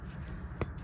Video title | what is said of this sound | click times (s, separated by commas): Avalon 2004 Toyota 6-cylinder inner tie rods | right there to hear it pop | 0.6 s